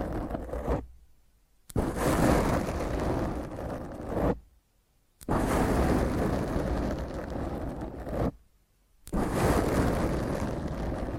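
Rough, heavy scratching of fingernails across a microphone comes in three long bursts, each about two and a half to four seconds. Each begins with a sharp onset and holds a dense, crackling roar full of low rumble and bright grit, separated by brief silences.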